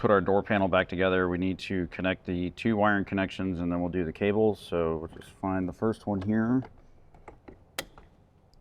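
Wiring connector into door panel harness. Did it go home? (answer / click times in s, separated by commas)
yes / 7.8 s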